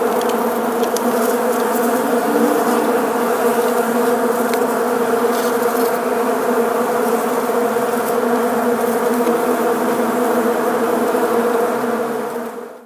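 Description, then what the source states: Bees buzzing as a dense, steady, low droning hum from many insects in flight, unbroken throughout before fading at the end. Many bees flying around.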